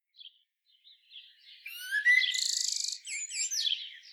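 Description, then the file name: Common blackbird with soft scattered squeaks building into a loud, rising slurred note, then a buzzy rattle and quick twittering notes. "Turdus merula"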